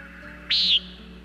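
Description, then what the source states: Common nighthawk call: a single short, nasal, buzzy high note that jumps up sharply, then holds steady for a moment before ending abruptly. Also called the bullbat; heard over city rooftops at dusk after arriving in late spring.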